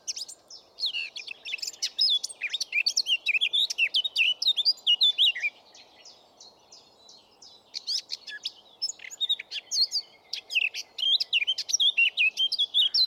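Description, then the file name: Eurasian blackcap song in two bursts of hurried scratchy warbling and whistled notes, separated by a short pause. "Sylvia atricapilla"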